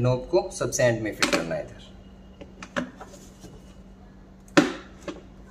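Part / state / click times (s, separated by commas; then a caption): plastic knob onto wet-dry vacuum cleaner housing / seated / 4.6 s. Someone talks, then a plastic knob is pushed onto the end of a Karcher WD6 Premium (WD 5 / WD 5 Premium) wet-dry vacuum cleaner housing during reassembly, with a few light taps around 2.4–3.0 s. A sharp, loud click at 4.6 s marks the knob seating in place, followed by a faint tap at 5.1 s.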